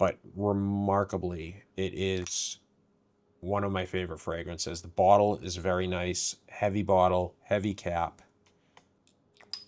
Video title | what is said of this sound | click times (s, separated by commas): Smell Like High-End Luxury Tea: Nishane Wulong Cha Review | It is not magnetized, but it plops down onto the bottle very nicely, very satisfying snap. | 9.5 s